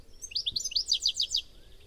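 Bird chirps: a brief, rapid sequence of high, downslurred notes.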